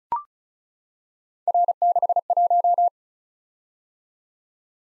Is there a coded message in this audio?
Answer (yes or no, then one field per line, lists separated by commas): yes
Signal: Morse code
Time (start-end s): 1.5-2.9 s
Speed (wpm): 34 wpm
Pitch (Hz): 700 Hz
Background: none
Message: R61